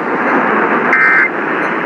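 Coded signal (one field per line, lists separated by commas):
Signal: Emergency Alert System (SAME) tones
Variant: end-of-message bursts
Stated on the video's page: Required monthly test relayed on AM broadcast station WRVA.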